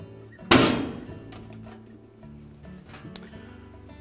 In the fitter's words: Then we can be able to just push down with the palm of your hand until in locks in place.